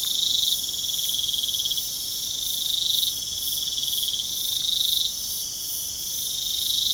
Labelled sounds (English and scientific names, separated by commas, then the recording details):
none
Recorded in pastures near Puerto Asís, Putumayo, Colombia, on 27 June 2025 at 00:30
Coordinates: 0.497, -76.327
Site G040